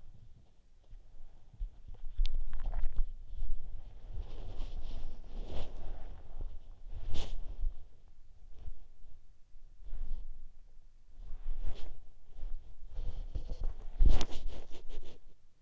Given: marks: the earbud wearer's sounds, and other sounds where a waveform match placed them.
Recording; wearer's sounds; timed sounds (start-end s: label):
sounds in sleep by an in-ear microphone; body movement, swallowing
0.00-15.62 s: body movement
2.33-3.37 s: swallowing